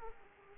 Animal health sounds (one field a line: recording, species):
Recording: mosquito wingbeat signal from an infrared sensor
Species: Aedes aegypti